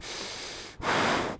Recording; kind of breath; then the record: one breath in and out by a microphone near the nose and mouth; strong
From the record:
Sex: male